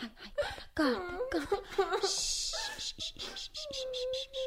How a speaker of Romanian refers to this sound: Nu mai plânge. Nu mai plânge, copila mea.